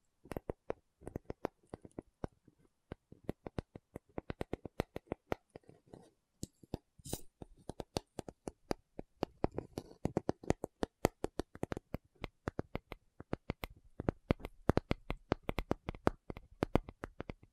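Tapping goes on throughout in quick, irregular bursts of sharp clicks, densest around the middle and near the end, with soft rustling between.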